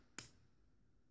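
A grey plastic leg section of a Transformers Masterpiece MP-25 Tracks action figure is swung around so its small tab fits into its slot. A single sharp, bright click sounds at 0.2 s, fading within about a tenth of a second into quiet background. The tab is seated and clicked into place.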